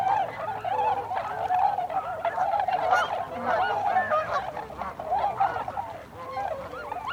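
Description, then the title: Tundra swans calling as a flock, a dense chorus of overlapping mellow hooting and honking notes, some rising and falling, continuing without pause throughout. Several tundra swans recorded on 26 December 2020. "2020-12-26-Tundra-Swans"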